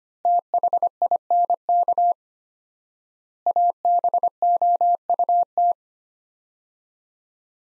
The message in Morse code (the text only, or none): THINK ABOUT